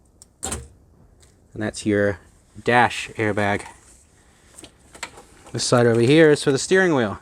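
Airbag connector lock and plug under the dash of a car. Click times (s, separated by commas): 0.2 s, 0.4 s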